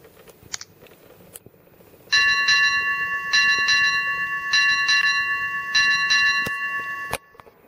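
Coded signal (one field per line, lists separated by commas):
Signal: ship's bell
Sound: a ringing bell struck in quick pairs, tones sustaining between strokes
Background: room noise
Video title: SHIPS BELLS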